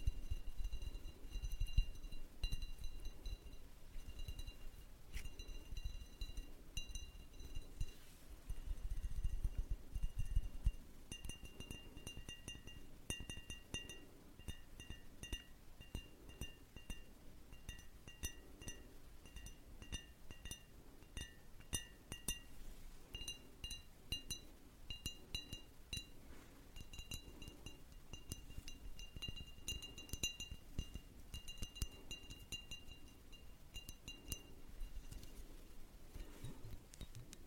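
Tapping throughout, a busy stream of light, clinking taps with a glassy ring that hangs at a few steady high pitches. The taps come irregularly, sometimes in quick clusters, over a low rumble that is heavier during the first ten seconds.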